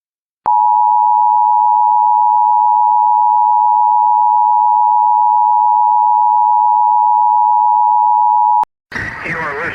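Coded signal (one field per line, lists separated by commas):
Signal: Emergency Alert System (SAME) tones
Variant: 853 and 960 Hz attention tone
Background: speech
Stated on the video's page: Mock EAS tornado warning for Hillsborough, Florida.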